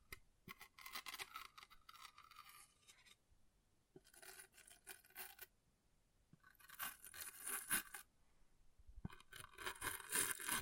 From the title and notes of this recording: ASMR Brain Melting Object Scratching (No Talking).